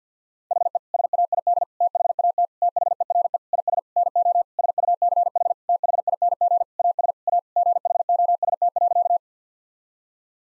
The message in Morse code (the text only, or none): HE SAID THAT THERE IS NO SUCH THING AS A GHOST.